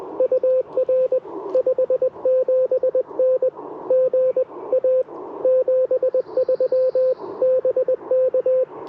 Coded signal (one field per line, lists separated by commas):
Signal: Morse code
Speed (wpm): 20 wpm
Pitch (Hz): 520 Hz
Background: radio noise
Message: UR 57N GA 73 BK